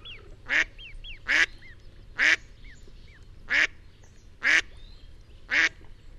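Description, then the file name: Mallard quacking: six loud, harsh quacks spaced roughly one second apart, with faint higher chirps in between. "Canard colvert"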